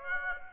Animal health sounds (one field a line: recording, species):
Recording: mosquito wingbeat signal from an infrared sensor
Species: Aedes aegypti